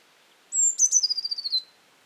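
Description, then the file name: Eurasian blue tit song: a thin high whistled note followed by a quick trill of several notes sliding downward, in a quiet background. "Cyanistes caeruleus"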